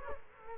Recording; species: mosquito wingbeat signal from an infrared sensor; Culex quinquefasciatus